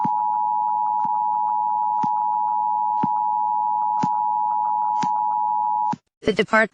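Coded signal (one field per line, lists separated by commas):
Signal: Emergency Alert System (SAME) tones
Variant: 853 and 960 Hz attention tone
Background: speech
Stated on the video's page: Fictional EAS scenario.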